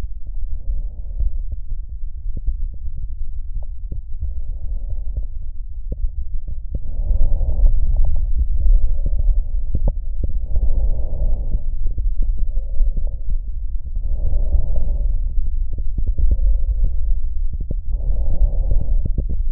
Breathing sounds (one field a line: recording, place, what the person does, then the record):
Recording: lung sounds by stethoscope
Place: right anterior apical chest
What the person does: quiet breathing, then deep breathing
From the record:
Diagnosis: interstitial lung disease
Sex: male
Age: 75 years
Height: 167 cm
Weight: 68 kg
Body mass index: 24.4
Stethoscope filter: extended mode